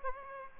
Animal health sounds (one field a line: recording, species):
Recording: mosquito wingbeat signal from an infrared sensor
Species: Aedes aegypti